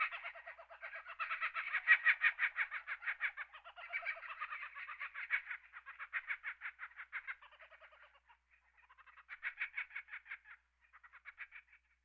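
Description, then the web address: Kookaburra, a long bout of raucous rhythmic cackles, strongest early on, then fading into shorter broken bursts with pauses toward the end. "kockaburra"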